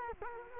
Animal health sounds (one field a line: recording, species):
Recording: mosquito wingbeat signal from an infrared sensor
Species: Culex quinquefasciatus